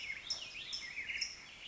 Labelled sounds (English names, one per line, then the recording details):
Black-headed Grosbeak
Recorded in Sonoma County, California